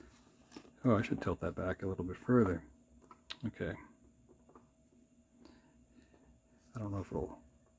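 Someone talks while pressing a small plastic Lego Minecraft piece onto another piece during assembly of the minifigure building toy set 30705, The Lush Cave Fight. Only faint handling ticks are heard around 4.6 s and 5.5 s. Nothing has seated or clicked yet.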